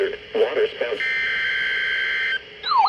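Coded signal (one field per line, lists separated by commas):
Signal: Emergency Alert System (SAME) tones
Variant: header bursts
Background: speech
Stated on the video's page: Real mid-June alerts, including a tornado warning from the local NWS office.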